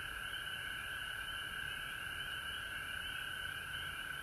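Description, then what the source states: Frogs fill the air with a steady, shimmering chorus of high trills, with a soft low rumble throughout. Recorded at home in Georgia on March 19, 2020.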